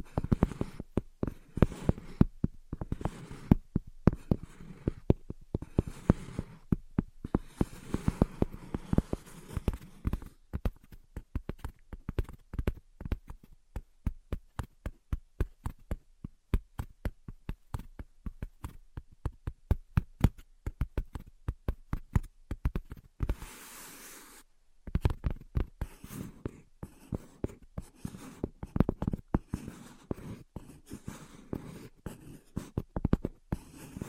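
Invisible tapping and scratching: a quick, uneven run of sharp taps, sometimes in dense flurries and sometimes sparse. The taps are crisp, with a soft low rustle beneath them in places. Around 23 to 25 seconds, a brief hiss replaces the tapping.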